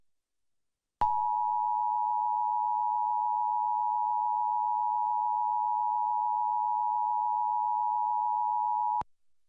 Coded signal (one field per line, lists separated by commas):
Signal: Emergency Alert System (SAME) tones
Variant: 853 and 960 Hz attention tone